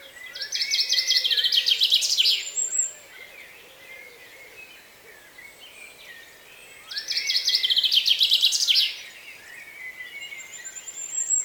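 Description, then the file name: Common chaffinch song given twice, each a brisk series of repeated notes falling into a final flourish; faint low background sounds between. "Fringilla coelebs"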